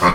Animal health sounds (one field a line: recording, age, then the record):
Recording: pig call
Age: piglet (1 to 25 days)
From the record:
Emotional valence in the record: positive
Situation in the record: reunion after long isolation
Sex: female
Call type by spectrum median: low-frequency call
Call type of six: low-frequency tonal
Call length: 0.15 s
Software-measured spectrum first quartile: 426 Hz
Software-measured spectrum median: 1000 Hz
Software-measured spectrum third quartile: 1354 Hz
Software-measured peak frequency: 1085 Hz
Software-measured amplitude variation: 94 dB a second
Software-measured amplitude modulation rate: 3.3 a second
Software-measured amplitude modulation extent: 28.6 dB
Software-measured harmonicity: 0.5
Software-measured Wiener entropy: -0.87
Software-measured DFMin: 594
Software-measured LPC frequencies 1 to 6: 615, 1128, 2039, 3394, 4321, 5713 Hz